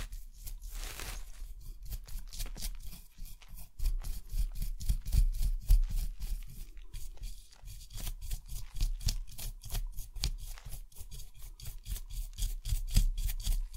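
Sounds made with an archaeological excavation kit: a quick, fairly regular run of short scraping and scratching strokes, each a crisp, bright rasp over a low rumble. The strokes keep a steady pace for the whole stretch, with a brief softer hiss near the start.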